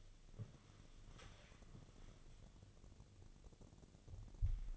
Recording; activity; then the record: daily activity, microphone in the room; walk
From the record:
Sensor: 4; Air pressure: 1001.3 hPa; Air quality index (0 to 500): 173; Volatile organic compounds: 2 ppm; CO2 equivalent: 1244 ppm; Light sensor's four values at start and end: 14/32/13/13 and 14/32/13/13